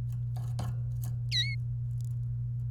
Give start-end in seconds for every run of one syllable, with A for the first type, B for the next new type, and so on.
1.31-1.55 A